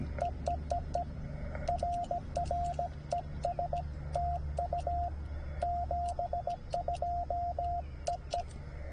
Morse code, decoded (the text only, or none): EEEE RR ES TU 72 EE